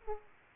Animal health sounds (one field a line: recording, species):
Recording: mosquito wingbeat signal from an infrared sensor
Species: Aedes aegypti